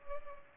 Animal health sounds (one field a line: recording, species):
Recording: mosquito wingbeat signal from an infrared sensor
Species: Culex pipiens